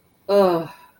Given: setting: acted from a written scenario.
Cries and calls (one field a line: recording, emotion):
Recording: vocal sound without words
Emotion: disappointment